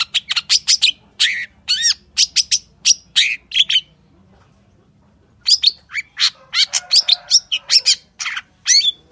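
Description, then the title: Long-tailed shrike song with fast runs of sharp, high, slurred notes, a pause of about a second and a half, then another lively run of chattering notes. Wild local bird, morning song with toet-toet variations, used as master song to train caged birds and provoke them to sing. "Cendet Gacor Dor Di Kala Pagi Toet Toet Variasi Suara. MASTERAN CENDET LOKAL ALAM GACOR FULL ISIAN"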